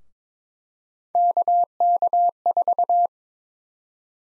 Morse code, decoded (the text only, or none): KK4